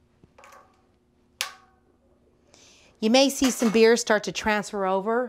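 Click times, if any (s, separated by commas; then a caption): 1.4 s. A transfer tubing disconnect is snapped onto the out-post of the second keg to get a good tight seal, and it seats with a sharp click at 1.4 s after a few faint taps. Someone then talks.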